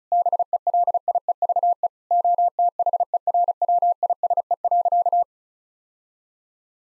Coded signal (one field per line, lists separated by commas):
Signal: Morse code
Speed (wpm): 36 wpm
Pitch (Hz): 700 Hz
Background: none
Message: BELIEVE OTHERWISE.